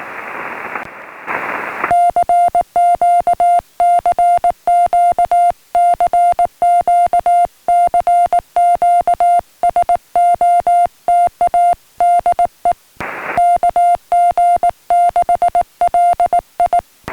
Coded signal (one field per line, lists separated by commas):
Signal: Morse code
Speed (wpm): 19 wpm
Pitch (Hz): 700 Hz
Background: music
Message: CQ CQ CQ CQ SOTA DE KG6LI